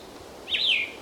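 Plumbeous Vireo song phrase: a single brief slurred whistle that rises and then falls, over soft background hiss.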